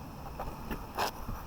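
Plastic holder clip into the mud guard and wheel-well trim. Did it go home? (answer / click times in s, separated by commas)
no / none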